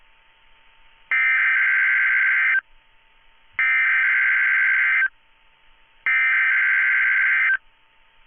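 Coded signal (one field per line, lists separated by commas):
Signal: Emergency Alert System (SAME) tones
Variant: header bursts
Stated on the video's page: Two Required Monthly Tests and three NOAA Weather Radio weekly tests.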